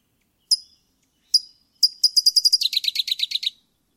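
Songbird singing two lone high, thin notes before a rapid high trill that falls into a lower buzzy series, all in quiet surroundings.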